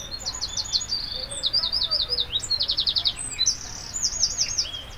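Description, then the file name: Eurasian wren song: a rapid, high-pitched outpouring of clipped trills and chattering notes, several fast rattling runs linked without pause, over a faint low background rumble. "Troglodytes troglodytes"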